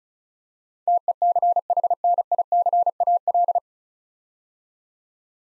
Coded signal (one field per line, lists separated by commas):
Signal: Morse code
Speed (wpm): 36 wpm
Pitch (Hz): 700 Hz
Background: none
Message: TECHNICAL